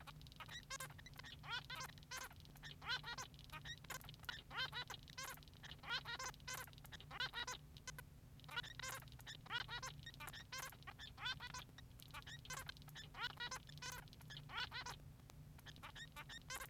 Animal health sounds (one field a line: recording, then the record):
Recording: song of a male Bengalese finch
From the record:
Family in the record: son of father 3